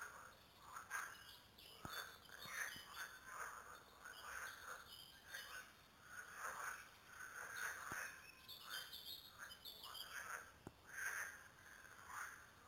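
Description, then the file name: Frogs calling in a chorus, soft rounded croaks overlapping one another. Several frogs, recorded at Lüssow. "luessow froesche"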